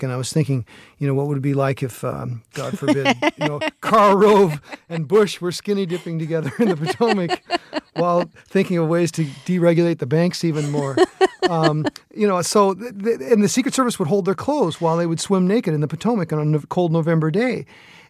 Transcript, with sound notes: And I was thinking, you know, what it would be like if, God forbid, you know, Karl Rove and Bush were skinny-dipping together in the Potomac while thinking of ways to deregulate the banks even more? (Soundbite of laughter) You know, so - and the Secret Service would hold their clothes while they would swim naked in the Potomac on a cold November day.